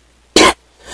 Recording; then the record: coughing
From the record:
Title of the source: 61 morning phlegmy cough...again